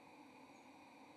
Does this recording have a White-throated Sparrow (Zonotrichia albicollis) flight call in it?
no